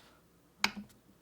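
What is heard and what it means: A 3D printed plastic driver is turned on a fastener head that had been spinning, and a single sharp snap sounds at 0.6 s. A faint tick follows near 1.3 s, and the tool has stripped on the fastener head.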